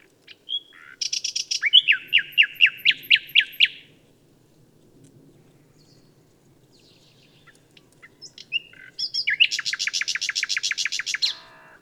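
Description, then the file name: Common nightingale delivering two bursts of loud, rapid, evenly repeated notes, each lasting a few seconds, with a quiet gap between them. "Luscinia megarhynchos"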